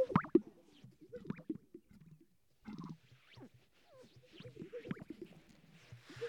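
Sage-grouse displays: a sharp popping display at the start, then scattered gurgling coos and clicks, with a brief hush midway.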